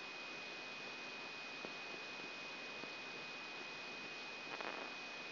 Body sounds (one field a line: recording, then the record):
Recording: brain microelectrode recording played as sound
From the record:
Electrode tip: outside the subthalamic nucleus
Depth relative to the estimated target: -2 mm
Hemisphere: right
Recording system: AlphaMap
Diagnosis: Parkinson's disease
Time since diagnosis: 16 years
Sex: male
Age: 60 years